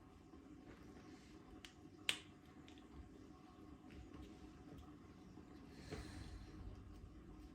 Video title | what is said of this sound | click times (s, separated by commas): CAN APPLE AIRTAGS TRACK CARS? | is clicked back together you can see it's completely seamless now the liners just clicked back in | 1.6 s, 2.1 s